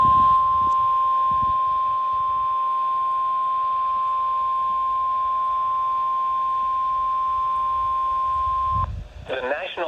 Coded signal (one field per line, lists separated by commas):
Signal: Emergency Alert System (SAME) tones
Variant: 1050 Hz attention tone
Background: speech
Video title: (EAS #439) Tornado Warning for Iowa and Dane, Wisconsin